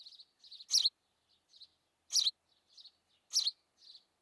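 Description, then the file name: House sparrow calls, three loud chirps about every 1.3 seconds with softer twittering notes between them. "Passer domesticus"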